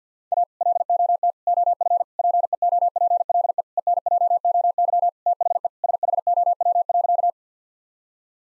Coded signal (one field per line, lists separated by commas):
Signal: Morse code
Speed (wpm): 50 wpm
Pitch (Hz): 700 Hz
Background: none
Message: A LOT OF PEOPLE ENJOY THE SHOW.